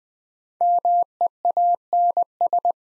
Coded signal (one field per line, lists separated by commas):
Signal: Morse code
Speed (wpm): 20 wpm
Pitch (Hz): 700 Hz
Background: none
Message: MEANS